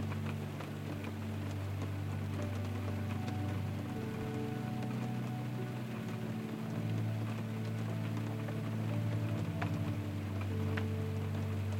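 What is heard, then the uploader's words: Rain patters steadily on a tent, a dense, even crackle with scattered sharper drops throughout. Underneath, a soft, low piano melody holds long notes that change every few seconds, repeating its gentle pattern while the rain stays constant. Rainy Night In A Tent | Calming Soft Piano with Rain Sounds. Rain falling on a tent while camping along with a soft piano melody that repeats.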